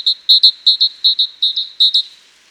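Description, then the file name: Great tit giving about six rapid two-note phrases, high and ringing, evenly spaced with no other noise. "Parus major"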